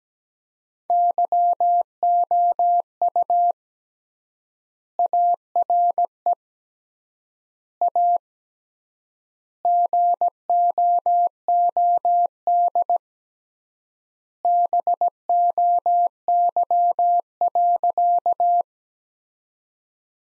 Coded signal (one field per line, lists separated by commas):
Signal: Morse code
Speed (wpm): 17 wpm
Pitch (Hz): 700 Hz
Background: none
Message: YOU ARE A GOOD BOY.